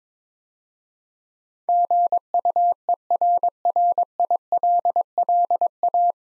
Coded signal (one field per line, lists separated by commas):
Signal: Morse code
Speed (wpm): 22 wpm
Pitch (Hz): 700 Hz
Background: none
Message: GUERRILLA